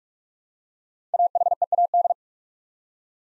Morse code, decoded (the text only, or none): AHEAD